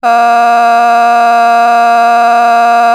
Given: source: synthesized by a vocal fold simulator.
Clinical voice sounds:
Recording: sustained vowel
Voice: female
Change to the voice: vocal strain, level 7 of 10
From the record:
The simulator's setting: 0.67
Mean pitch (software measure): 235 Hz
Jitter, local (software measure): 0.75%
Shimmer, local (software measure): 3.7%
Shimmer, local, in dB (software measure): 0.32 dB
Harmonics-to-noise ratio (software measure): 21.0 dB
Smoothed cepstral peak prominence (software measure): 19.9 dB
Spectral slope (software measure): -17.9 dB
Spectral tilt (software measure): -7.9 dB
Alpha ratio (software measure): -8.4 dB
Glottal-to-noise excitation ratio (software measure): 0.970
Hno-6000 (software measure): 1.8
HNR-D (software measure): 40.2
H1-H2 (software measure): -1.7 dB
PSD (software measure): 4.4e-05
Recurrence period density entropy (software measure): 0.116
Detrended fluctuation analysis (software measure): 0.0101

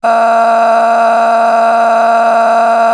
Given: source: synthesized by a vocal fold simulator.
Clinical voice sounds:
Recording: sustained vowel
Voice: female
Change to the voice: a random mix of aspiration noise, stiffness perturbation and strain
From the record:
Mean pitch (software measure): 229 Hz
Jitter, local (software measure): 2.41%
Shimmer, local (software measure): 11.6%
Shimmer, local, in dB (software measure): 1.03 dB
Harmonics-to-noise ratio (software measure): 11.9 dB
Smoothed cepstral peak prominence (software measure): 10.9 dB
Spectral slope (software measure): -18.7 dB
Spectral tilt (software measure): -9.6 dB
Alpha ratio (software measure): -9.2 dB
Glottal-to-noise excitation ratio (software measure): 0.809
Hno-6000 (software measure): 1.9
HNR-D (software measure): 33.9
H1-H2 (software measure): -0.5 dB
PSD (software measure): 9.7e-05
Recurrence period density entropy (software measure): 0.118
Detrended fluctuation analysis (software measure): 0.0124

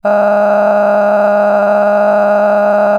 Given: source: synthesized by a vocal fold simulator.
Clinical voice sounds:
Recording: sustained vowel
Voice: female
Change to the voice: cycle-to-cycle stiffness perturbation (roughness), level 9 of 10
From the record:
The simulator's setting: 5.86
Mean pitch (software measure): 206 Hz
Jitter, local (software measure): 2.77%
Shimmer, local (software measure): 18.2%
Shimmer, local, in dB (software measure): 1.59 dB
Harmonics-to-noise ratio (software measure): 11.1 dB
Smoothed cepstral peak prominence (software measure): 13.8 dB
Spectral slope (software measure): -21.8 dB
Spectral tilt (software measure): -11.9 dB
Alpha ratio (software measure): -12.2 dB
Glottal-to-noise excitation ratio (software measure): 0.944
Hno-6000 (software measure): 2.4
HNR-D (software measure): 30.7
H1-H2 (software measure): 4.7 dB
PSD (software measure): 1.1e-04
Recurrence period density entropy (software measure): 0.115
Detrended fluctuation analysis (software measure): 0.0287

